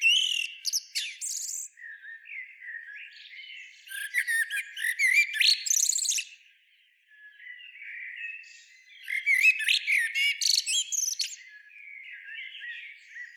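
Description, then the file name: Eurasian blackbird giving scratchy high twittering phrases in three bursts separated by quieter gaps, with squeaky notes and short trills. "Turdus merula"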